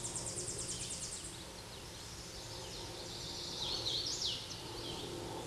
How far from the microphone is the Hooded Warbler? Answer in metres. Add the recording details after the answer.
about 30 m. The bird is about 15 m above the microphone. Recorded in a Pennsylvania forest on 16 May 2024 at 08:05. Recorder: AudioMoth, point MSD-2258. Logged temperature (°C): 15.2 °C. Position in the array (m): 163 m, 105 m